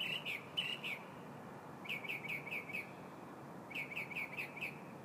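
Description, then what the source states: Bird singing repeated short chirped notes in three bursts of four or five, each note quick and slightly falling, with steady background hum. Morning bird song, recorded 4 February 2015.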